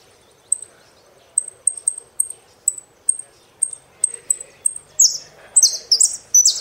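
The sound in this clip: Saffron finch chips repeated at irregular intervals, building into louder slurred, swooping phrases near the end.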